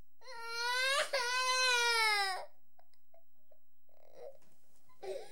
Babies And Children. 4 Year Old Baby Crying.